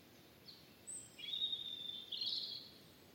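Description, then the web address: European robin, a high thin note, then a wavering warbled phrase that rises into a brighter twittering end, against quiet background noise. "Deverinetal 2025 File origin Bird Only Er Ru"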